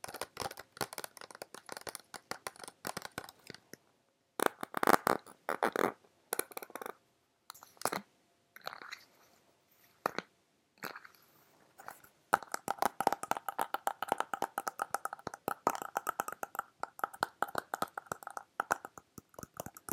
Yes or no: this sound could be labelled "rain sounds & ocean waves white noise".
no